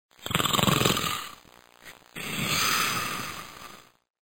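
Two harsh, rattling snoring breaths from an adult sleeper.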